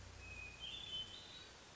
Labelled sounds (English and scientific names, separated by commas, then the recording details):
Hermit Thrush (Catharus guttatus)
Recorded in Sonoma County, California